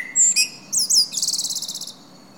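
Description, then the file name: Common blackbird: a brief note, then sharp squeaky chirps and a fast, very high rattling chatter of many pulses over a quiet background. "Turdus merula"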